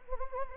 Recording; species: mosquito wingbeat signal from an infrared sensor; Anopheles gambiae